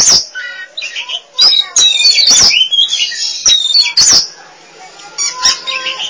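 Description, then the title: Oriental magpie-robin in full, varied song: bright warbles, scratchy chatters and loud clicks packed closely together, easing into softer whistled notes near the end. Song (kicauan). "Suara Kicauan Burung Kacer"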